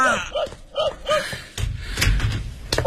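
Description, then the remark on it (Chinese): A short vocal exclamation asking for the door to be opened, then a door being opened: a low rumbling scrape with a few sharp clicks and knocks from the latch and frame, moderately loud. “开开门！”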